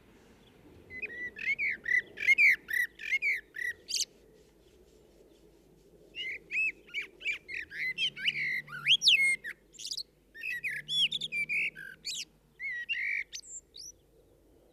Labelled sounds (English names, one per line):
Common Blackbird song